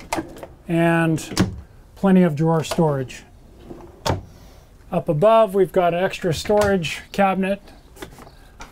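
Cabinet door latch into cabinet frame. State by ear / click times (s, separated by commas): seated / 8.0 s, 8.2 s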